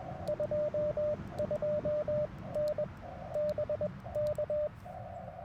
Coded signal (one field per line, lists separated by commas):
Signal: Morse code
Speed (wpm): 21 wpm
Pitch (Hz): 600 Hz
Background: radio noise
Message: 22N BK